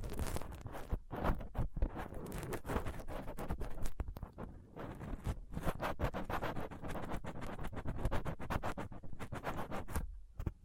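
A dental pick, tweezers and cotton swab scrape and scratch roughly across a microphone, producing dense, uneven rasping with brief gaps throughout.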